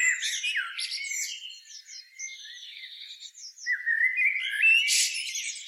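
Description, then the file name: Common blackbird warbling: rich lower notes blending into chattering, squeaky higher elements in a steady stream. "Turdus merula"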